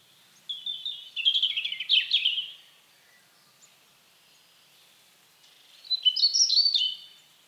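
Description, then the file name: European robin singing a liquid warbled phrase, then about three seconds of quiet, then another high twittering phrase. "Erithacus rubecula"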